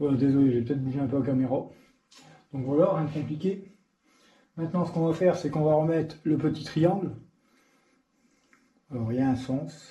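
A small plastic triangle is lined up and oriented for fitting into a bicycle twist-grip shifter; it has a set direction. Someone talks throughout, with only a light scrape near 8.5 s. Nothing has seated or clicked yet.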